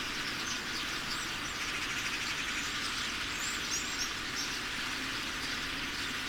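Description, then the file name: Common starlings in a huge massed chorus, a thick, continuous hiss-like chatter of countless overlapping calls with occasional brief whistled notes standing out above. About 10,000 starlings arriving at their roost. "Common-Starling-10000-Starlings-Come-To-Roost"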